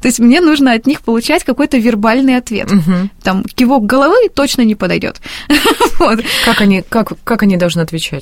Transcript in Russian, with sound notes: Но мне нужно от них получать какой-то вербальный ответ. Кивок головы точно не подойдет... (смеется)
Как они должны отвечать Вам?